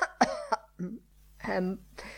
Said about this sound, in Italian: Lenehan tossì forte.